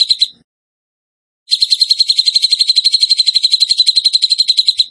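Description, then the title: Bird song: a brief high trill, a silent gap of about a second, then a long rapid rattle of sharp repeated notes. Bird song in the tembakan gacor style, used as masteran (training for other birds). "Masteran Burung Tembakan Gacor"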